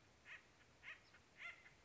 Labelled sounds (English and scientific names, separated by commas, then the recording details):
Acorn Woodpecker (Melanerpes formicivorus)
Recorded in Sonoma County, California